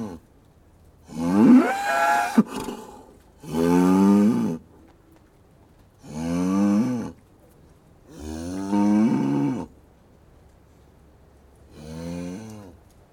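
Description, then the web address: Cattle giving five loud moos in a row at uneven gaps, each with a rich harmonic tone. Cattle in a yard; loud moo heard close. "BBC Cattle. in yard with some birdsong loud moo. others move round yard"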